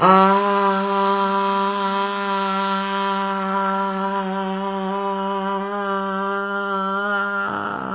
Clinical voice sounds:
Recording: sustained vowel /a/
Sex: female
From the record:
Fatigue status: no fatigue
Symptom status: symptomatic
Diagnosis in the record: COVID-19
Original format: 3gp

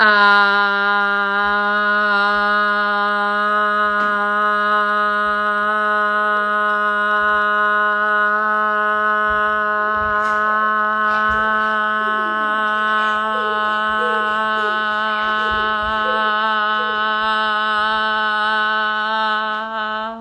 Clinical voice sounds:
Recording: sustained vowel /a/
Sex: female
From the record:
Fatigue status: no fatigue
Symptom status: asymptomatic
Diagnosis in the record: COVID-19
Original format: m4a

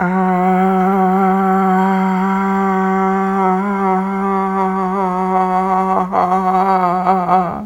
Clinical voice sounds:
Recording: sustained vowel /a/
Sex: female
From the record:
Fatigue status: no fatigue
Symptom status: asymptomatic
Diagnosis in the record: COVID-19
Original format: m4a

